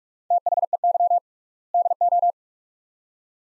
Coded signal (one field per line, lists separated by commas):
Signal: Morse code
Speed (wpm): 45 wpm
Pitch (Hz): 700 Hz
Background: none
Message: THEY DO